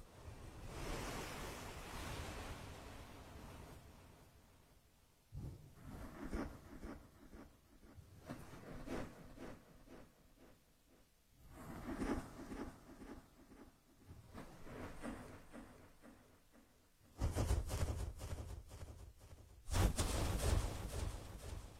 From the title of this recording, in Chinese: 耳朵按摩